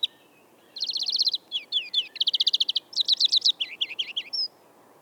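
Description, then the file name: European greenfinch singing a continuous twittering song, fast trills and rattles alternating with looping, slurred notes, ending on a brief whistled note. "Chloris chloris"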